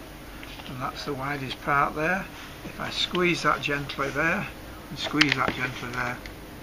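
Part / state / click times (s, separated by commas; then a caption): wrist seal ring into oval cuff housing / not seated / none. A plastic oval wrist seal ring for an Antares oval cuff system is gently squeezed at its widest part while being handled toward its oval cuff housing, as someone talks. Nothing has seated or clicked into the cuff yet.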